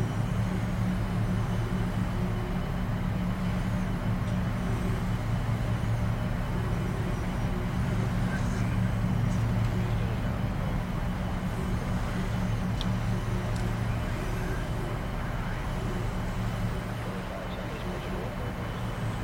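Ferry cabin ambience: a loud, steady engine drone with a deep, throbbing hum that never lets up. Faint murmuring voices sit low in the mix, and a few small clicks and taps come through around the middle.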